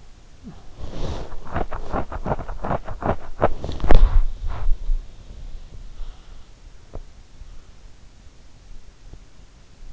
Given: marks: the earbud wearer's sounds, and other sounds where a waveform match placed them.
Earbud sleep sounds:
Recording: sounds in sleep by an in-ear microphone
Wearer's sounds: body movement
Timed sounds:
0.00-4.99 s: body movement

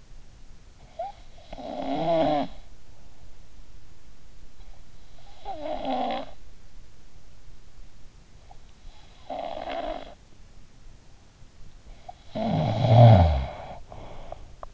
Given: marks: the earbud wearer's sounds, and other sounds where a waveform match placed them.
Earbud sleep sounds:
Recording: sounds in sleep by an in-ear microphone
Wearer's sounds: snoring breath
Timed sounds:
0.00-11.64 s: snoring breath
11.65-14.74 s: snoring breath

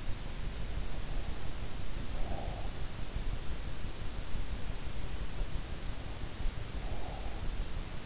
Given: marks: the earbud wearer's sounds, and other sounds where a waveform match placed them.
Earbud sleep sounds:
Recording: sounds in sleep by an in-ear microphone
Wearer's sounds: breath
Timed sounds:
1.85-3.20 s: breath
6.66-8.06 s: breath

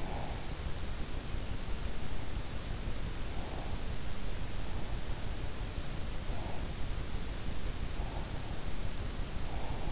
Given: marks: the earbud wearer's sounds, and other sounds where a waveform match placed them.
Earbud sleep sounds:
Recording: sounds in sleep by an in-ear microphone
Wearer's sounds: breath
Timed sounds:
0.00-0.47 s: breath

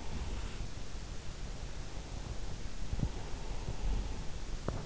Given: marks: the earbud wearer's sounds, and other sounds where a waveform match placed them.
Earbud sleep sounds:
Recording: sounds in sleep by an in-ear microphone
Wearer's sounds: breath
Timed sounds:
0.00-0.84 s: breath
3.00-4.27 s: breath

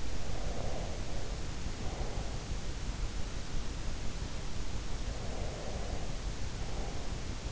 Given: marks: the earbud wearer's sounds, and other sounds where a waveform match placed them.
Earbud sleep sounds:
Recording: sounds in sleep by an in-ear microphone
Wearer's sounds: breath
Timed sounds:
0.00-2.84 s: breath
4.77-7.49 s: breath

